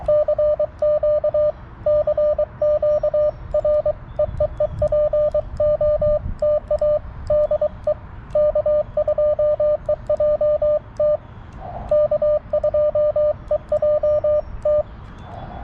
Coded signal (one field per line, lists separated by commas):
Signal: Morse code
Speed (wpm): 23 wpm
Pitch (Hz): 590 Hz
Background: radio noise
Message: CQ CQ R EEE POTA DE K2EJT K2EJT